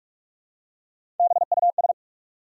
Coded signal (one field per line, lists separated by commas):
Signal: Morse code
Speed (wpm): 44 wpm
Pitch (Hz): 700 Hz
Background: none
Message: BUS